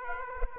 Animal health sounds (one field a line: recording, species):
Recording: mosquito wingbeat signal from an infrared sensor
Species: Aedes aegypti